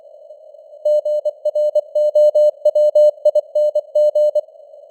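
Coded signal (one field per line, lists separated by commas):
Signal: Morse code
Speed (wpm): 24 wpm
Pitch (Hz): 600 Hz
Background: none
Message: GROWING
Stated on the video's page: Simulated news headlines in Morse at 24 wpm with simulated radio noise and fading signal strength.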